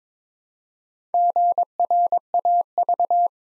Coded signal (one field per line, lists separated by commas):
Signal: Morse code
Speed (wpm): 22 wpm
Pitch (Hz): 700 Hz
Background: none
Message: GRAV